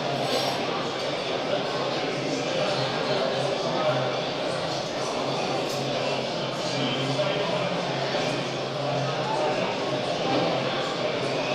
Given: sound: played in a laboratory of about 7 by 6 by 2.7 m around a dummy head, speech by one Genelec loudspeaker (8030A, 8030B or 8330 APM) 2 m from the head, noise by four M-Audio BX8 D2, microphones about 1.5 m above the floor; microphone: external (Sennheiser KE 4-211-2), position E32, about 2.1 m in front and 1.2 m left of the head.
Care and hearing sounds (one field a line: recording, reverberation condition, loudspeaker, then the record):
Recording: cafeteria noise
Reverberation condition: high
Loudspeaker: four, about 170 cm from the corners of the room and facing them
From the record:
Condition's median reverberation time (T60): about 1300 ms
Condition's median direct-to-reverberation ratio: about -4.0 dB